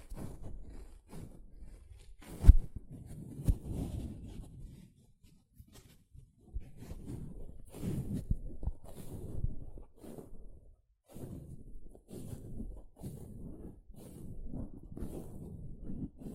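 A sponge is squished and scratched in short bursts of low, soft rubbing, with a sharp snap near two and a half seconds and brief pauses.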